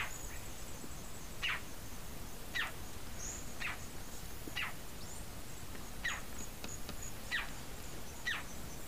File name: Scarlet throated tanager